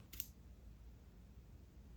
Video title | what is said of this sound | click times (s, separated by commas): Apple Watch Ultra 2 Ocean Band white Unboxing : Review | The process is straightforward and it clicks securely into place. | 0.1 s, 0.2 s